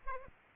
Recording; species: mosquito wingbeat signal from an infrared sensor; Aedes aegypti